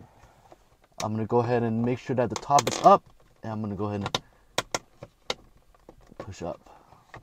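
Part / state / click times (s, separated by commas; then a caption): dashcam housing cover into windshield radar mount clips / not seated / none. On a Toyota 4Runner, the plastic FitcamX dashcam housing, which replaces the radar cover, is pushed upward against the windshield radar mount after its wires are tucked and it is flattened, so its sensitive clips can engage. Someone talks, followed by a few short, sharp handling knocks around 4.6, 4.8 and 5.3 seconds and quieter rustling. Nothing has seated or clicked yet.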